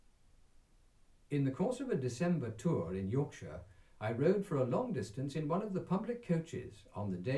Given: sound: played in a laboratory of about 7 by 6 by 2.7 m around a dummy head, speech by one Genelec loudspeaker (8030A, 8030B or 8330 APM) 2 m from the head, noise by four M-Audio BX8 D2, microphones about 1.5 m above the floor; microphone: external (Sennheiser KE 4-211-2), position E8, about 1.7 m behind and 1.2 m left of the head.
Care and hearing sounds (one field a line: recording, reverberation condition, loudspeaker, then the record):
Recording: male speech in English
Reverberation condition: low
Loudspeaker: 60 degrees to the right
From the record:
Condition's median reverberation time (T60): about 310 ms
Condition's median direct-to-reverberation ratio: about 3.5 dB